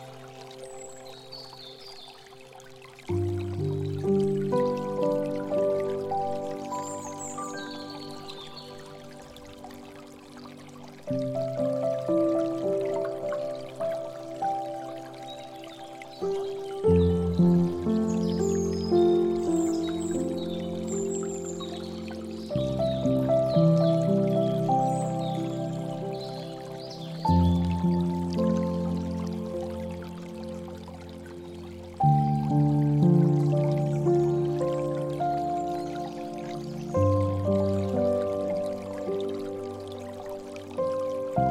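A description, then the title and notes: Slow, sustained piano chords change every five or six seconds, each new chord entering a little louder and ringing low and warm. A soft, steady trickle of water runs quietly behind them, with small bright drips and splashes scattered throughout. Soothing Piano with Water Sounds.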